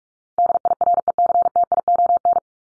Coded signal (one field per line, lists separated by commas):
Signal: Morse code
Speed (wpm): 44 wpm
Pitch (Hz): 700 Hz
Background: none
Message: DIRECTION